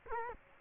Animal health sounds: mosquito wingbeat signal from an infrared sensor; Culex quinquefasciatus

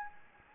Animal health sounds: mosquito wingbeat signal from an infrared sensor; Anopheles gambiae

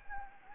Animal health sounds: mosquito wingbeat signal from an infrared sensor; Anopheles gambiae

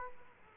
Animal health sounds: mosquito wingbeat signal from an infrared sensor; Aedes aegypti

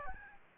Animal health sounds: mosquito wingbeat signal from an infrared sensor; Aedes aegypti

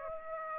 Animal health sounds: mosquito wingbeat signal from an infrared sensor; Aedes aegypti

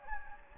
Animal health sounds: mosquito wingbeat signal from an infrared sensor; Anopheles gambiae

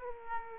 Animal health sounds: mosquito wingbeat signal from an infrared sensor; Aedes aegypti

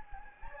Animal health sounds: mosquito wingbeat signal from an infrared sensor; Anopheles gambiae

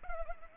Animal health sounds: mosquito wingbeat signal from an infrared sensor; Culex pipiens

